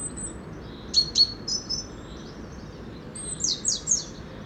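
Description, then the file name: Great tit giving clipped high chirps and a quick run of descending sharp notes near the end, against a steady low background rumble. "Parus major"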